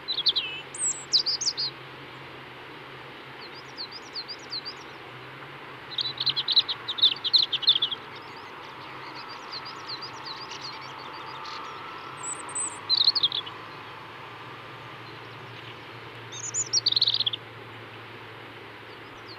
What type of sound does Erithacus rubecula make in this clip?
song